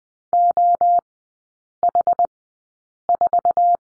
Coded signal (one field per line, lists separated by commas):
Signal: Morse code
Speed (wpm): 20 wpm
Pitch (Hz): 700 Hz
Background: none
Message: OH4